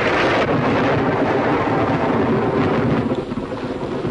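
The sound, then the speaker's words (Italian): A long, steady roll of thunder rumbles continuously at high volume, with a dense low-frequency growl and a hiss of rain mixed in, easing slightly toward the end. “Vi spaventa il tuono?”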